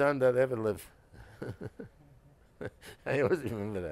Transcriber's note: laughs